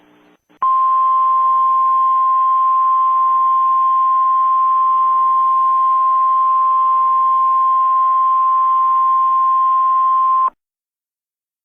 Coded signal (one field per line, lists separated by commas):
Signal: Emergency Alert System (SAME) tones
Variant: 1050 Hz attention tone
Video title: A Nuclear Missile EAS: Houston, TX